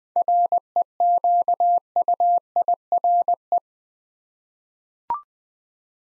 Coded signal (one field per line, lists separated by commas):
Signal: Morse code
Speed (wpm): 20 wpm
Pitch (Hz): 700 Hz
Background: none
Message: REQUIRE